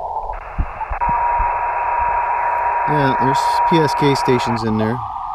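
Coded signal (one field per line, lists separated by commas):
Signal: PSK31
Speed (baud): 31.25 baud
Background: speech, radio noise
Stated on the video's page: Portable Elecraft KX2 with a Packtenna antenna, bands poor after a major solar storm.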